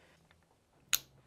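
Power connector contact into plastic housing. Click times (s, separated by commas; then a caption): 0.9 s. A soldered power contact is pushed into a plastic 12 V Anderson connector housing with a small flathead screwdriver until its spring tab snaps over the contact. A faint tick comes at 0.3 s, then one sharp, bright click at 0.9 s as the contact seats. The contact is locked in and won't pull back out.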